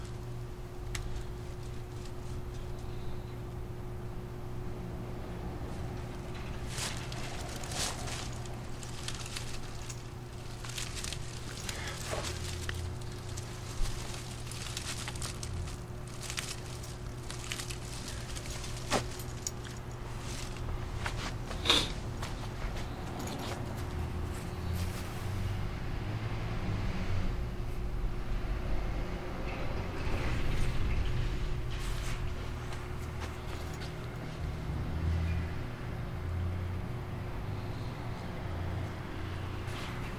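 Two small apple trees are cut down in a backyard under a steady, low, engine-like drone with a fixed hum. Sharp snaps and cracks break through irregularly, growing busier between about 25 and 35 seconds, with the loudest stretch near 30 seconds.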